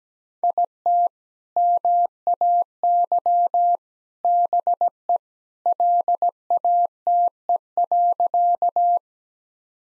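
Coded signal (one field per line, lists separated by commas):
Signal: Morse code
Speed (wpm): 17 wpm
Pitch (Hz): 700 Hz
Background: none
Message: IT MAY BE LATE.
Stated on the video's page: Morse practice of sentences with common two-word phrases at 17 wpm; each sentence sent, then spoken, then sent again.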